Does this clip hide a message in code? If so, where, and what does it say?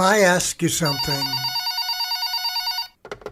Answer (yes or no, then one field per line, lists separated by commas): no